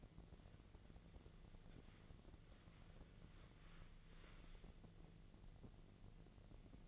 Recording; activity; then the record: daily activity, microphone in the room; wipe stove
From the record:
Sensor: 4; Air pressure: 1001.4 hPa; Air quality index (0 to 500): 186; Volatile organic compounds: 3 ppm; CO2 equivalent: 1330 ppm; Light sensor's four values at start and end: 13/30/12/13 and 13/29/12/12